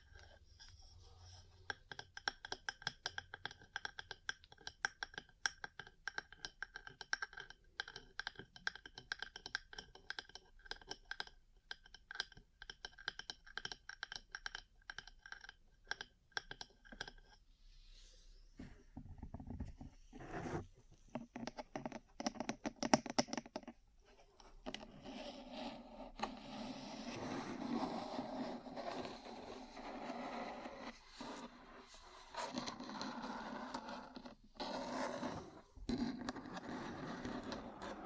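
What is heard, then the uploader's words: Ear cleaning and tapping: for the first seventeen seconds, rapid, dense clicks and taps run over a steady buzzing hum. After that the hum stops and softer rubbing and scraping take over, growing fuller and brighter, with occasional sharp taps through the end. ASMR 3Dio Mic Test Ear Cleaning, Massage, Cupping, Tapping (No Talking).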